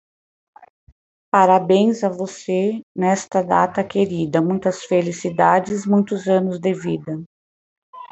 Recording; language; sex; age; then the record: short text; Brazilian Portuguese; female; 40 to 49 years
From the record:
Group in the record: control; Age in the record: 48 years